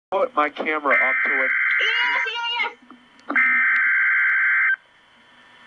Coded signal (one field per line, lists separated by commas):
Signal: Emergency Alert System (SAME) tones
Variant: header bursts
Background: speech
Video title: REAL EAS 281-Severe thunderstorm warning